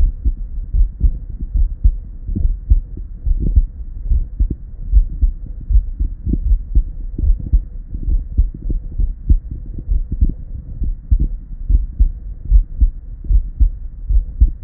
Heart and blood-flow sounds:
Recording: heart sounds by stethoscope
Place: Erb's point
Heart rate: 71 bpm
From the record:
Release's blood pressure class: normal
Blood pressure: 112/58 mmHg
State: at rest

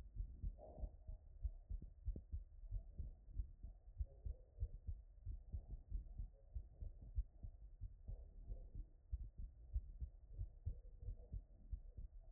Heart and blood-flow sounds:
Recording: heart sounds by stethoscope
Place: Erb's point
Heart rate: 94 bpm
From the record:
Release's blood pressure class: normal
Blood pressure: 111/61 mmHg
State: after exercise

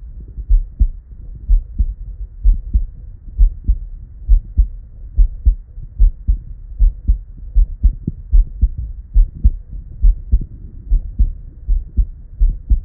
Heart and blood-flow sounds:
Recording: heart sounds by stethoscope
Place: Erb's point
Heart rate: 68 bpm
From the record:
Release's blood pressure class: normal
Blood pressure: 95/53 mmHg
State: at rest

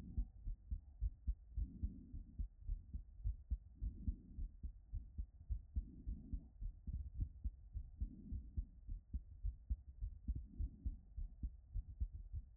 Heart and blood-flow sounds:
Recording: heart sounds by stethoscope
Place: Erb's point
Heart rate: 108 bpm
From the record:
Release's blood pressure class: elevated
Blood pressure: 120/67 mmHg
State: after exercise

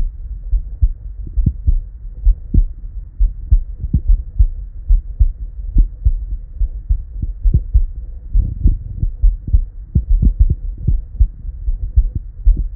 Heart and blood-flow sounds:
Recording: heart sounds by stethoscope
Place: Erb's point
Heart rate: 70 bpm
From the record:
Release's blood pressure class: normal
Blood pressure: 109/74 mmHg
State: at rest

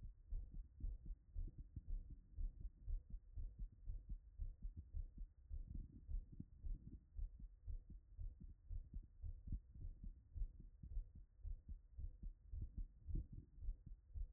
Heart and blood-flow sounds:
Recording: heart sounds by stethoscope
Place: Erb's point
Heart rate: 116 bpm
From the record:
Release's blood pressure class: hypertension stage 2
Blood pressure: 170/98 mmHg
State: after exercise

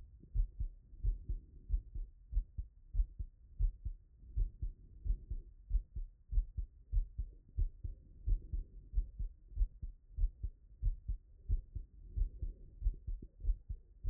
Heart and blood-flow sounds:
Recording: heart sounds by stethoscope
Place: Erb's point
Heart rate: 96 bpm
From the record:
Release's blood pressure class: hypertension stage 2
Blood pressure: 165/77 mmHg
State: after exercise

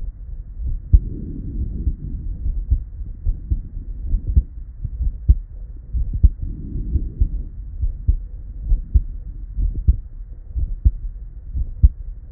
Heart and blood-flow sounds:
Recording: heart sounds by stethoscope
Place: Erb's point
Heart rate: 79 bpm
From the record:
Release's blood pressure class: elevated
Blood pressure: 123/72 mmHg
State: at rest

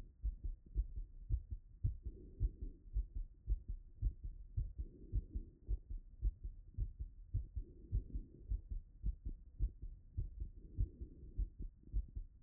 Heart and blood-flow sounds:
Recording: heart sounds by stethoscope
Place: Erb's point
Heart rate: 108 bpm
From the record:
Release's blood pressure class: hypertension stage 1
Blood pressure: 144/88 mmHg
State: after exercise

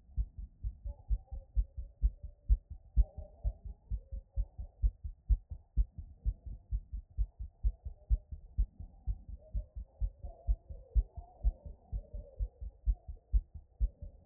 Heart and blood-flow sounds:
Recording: heart sounds by stethoscope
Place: Erb's point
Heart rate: 126 bpm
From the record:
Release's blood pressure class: elevated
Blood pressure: 122/66 mmHg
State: after exercise

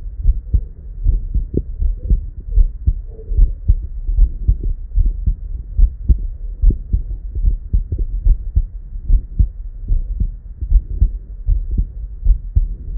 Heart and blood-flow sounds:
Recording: heart sounds by stethoscope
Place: Erb's point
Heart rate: 80 bpm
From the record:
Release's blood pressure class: hypertension stage 1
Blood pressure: 134/72 mmHg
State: at rest

